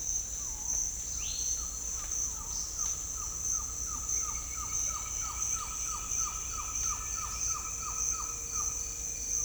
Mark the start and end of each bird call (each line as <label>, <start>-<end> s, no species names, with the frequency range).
bird call (0.3-1.7 kHz), 0.38-0.83 s
bird call (0.6-5.1 kHz), 1.16-8.68 s